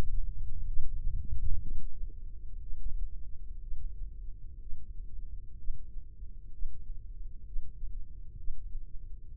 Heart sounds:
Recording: heart sounds by microphone in the left ear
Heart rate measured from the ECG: 63 bpm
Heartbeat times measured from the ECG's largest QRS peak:
0.68 s: heartbeat
1.62 s: heartbeat
2.62 s: heartbeat
3.62 s: heartbeat
4.61 s: heartbeat
5.58 s: heartbeat
6.53 s: heartbeat
7.46 s: heartbeat
8.37 s: heartbeat
9.28 s: heartbeat
From the record:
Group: healthy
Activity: Valsalva maneuver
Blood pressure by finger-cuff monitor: 97/61 mmHg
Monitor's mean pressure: 74 mmHg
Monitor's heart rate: 61 bpm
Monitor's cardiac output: 3.5 L/min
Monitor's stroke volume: 58 mL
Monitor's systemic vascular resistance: 1430 dyn s/cm5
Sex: male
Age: 55 years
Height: 167 cm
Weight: 57.2 kg

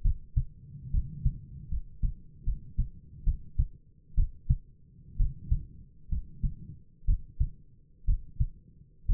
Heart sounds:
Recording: heart sounds by stethoscope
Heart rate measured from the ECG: 66 bpm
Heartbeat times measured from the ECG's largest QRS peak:
0.01 s: heartbeat
0.90 s: heartbeat
1.68 s: heartbeat
2.43 s: heartbeat
3.23 s: heartbeat
4.14 s: heartbeat
5.16 s: heartbeat
6.08 s: heartbeat
7.04 s: heartbeat
8.04 s: heartbeat
9.05 s: heartbeat
From the record:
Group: healthy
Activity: rest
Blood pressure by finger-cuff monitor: 97/64 mmHg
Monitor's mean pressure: 74 mmHg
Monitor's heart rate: 66 bpm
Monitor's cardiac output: 7.3 L/min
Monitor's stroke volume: 108 mL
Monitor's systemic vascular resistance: 720 dyn s/cm5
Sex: male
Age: 22 years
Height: 185 cm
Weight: 112.4 kg

